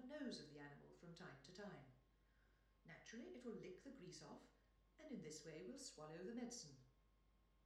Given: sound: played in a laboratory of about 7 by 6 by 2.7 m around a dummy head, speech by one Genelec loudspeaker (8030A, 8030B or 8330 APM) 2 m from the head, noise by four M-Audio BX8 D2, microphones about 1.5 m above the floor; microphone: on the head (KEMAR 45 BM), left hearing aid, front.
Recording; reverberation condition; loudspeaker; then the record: female speech in English; medium; in front (0 degrees)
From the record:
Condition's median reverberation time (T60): about 510 ms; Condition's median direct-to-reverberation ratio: about -0.5 dB